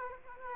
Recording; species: mosquito wingbeat signal from an infrared sensor; Aedes aegypti